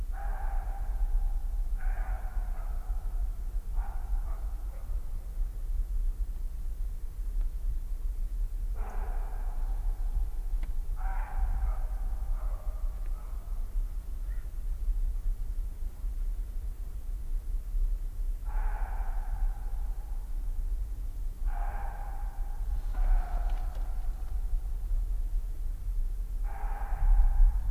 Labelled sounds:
Western Roe Deer barking
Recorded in the wild
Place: Muskauer Heide, Sachsen, DE
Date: 2004-08-31 19:54
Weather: fair, 10°C, weak winds
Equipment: Tascam DA-P1, Sennheiser MKH 70, Windkorb
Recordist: Frommolt, Karl-Heinz

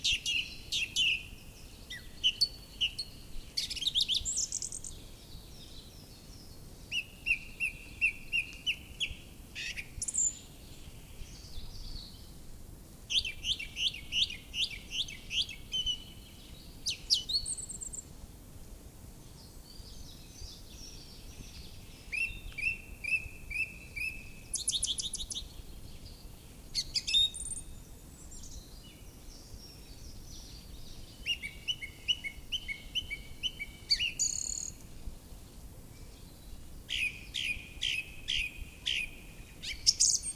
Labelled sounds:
Song Thrush song
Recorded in the wild
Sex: male
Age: adult
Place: Röttenbach, Bayern, DE
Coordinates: 49.6633, 10.9539
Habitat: forest
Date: 1961-04-02 18:00
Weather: after rainfall
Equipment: Stellavox SM 4, Original, Vollspur
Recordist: Tretzel, Erwin

